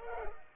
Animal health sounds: mosquito wingbeat signal from an infrared sensor; Culex pipiens

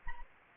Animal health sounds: mosquito wingbeat signal from an infrared sensor; Anopheles arabiensis

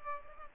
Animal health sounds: mosquito wingbeat signal from an infrared sensor; Culex pipiens

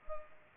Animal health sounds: mosquito wingbeat signal from an infrared sensor; Culex pipiens

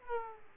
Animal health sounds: mosquito wingbeat signal from an infrared sensor; Aedes aegypti

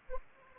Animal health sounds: mosquito wingbeat signal from an infrared sensor; Anopheles arabiensis

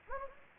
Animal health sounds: mosquito wingbeat signal from an infrared sensor; Anopheles gambiae

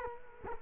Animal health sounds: mosquito wingbeat signal from an infrared sensor; Culex quinquefasciatus

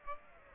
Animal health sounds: mosquito wingbeat signal from an infrared sensor; Aedes aegypti

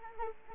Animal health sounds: mosquito wingbeat signal from an infrared sensor; Anopheles arabiensis

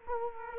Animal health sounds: mosquito wingbeat signal from an infrared sensor; Culex quinquefasciatus

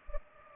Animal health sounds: mosquito wingbeat signal from an infrared sensor; Culex pipiens

